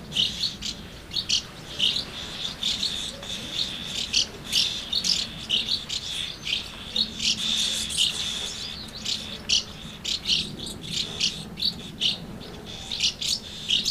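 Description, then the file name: Swallows calling steadily, high clipped chirps and twitters coming in quick irregular runs over a low background hum. Recorded at Amblagnieu on 2 July 2017 with an MZ-N710 recorder. "MZ-N 710 Hirondelles Amblagnieu 2 07 17"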